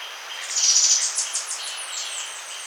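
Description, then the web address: Montane woodcreeper giving very high, thin chirping notes that run into a quick descending series, over steady background hiss. Recorded in Ecuador. "Birds of Ecuador 2. Montane Woodcreeper"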